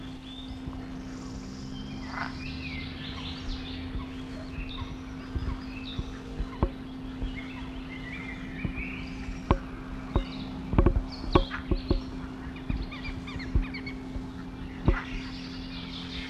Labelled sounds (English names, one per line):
Edible Frog call